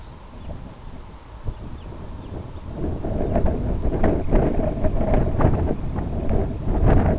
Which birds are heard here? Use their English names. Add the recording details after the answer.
Red Phalarope, Semipalmated Sandpiper. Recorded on Arctic tundra, site IGLO-B, on 27 June 2018. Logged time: 05:59